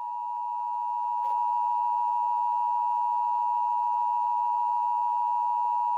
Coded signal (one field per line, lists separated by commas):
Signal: Emergency Alert System (SAME) tones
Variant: 853 and 960 Hz attention tone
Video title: My Child Abduction Emergency (THIS IS A FAKE EAS, DONT CALL 911)